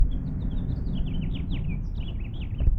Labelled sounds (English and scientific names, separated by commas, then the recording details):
House Finch (Haemorhous mexicanus) song
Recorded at Neponsit on Long Island, New York, on 4 June 1975
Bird E